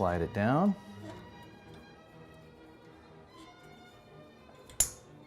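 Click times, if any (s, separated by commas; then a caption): 4.8 s. Someone talks briefly while a plastic dishwasher rack adjuster is slid down the wire of the upper rack, followed by quiet handling noise. At 4.8 s its clip snaps into place with a sharp, bright click, and the adjuster is seated.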